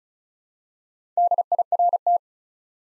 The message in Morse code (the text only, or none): DIRT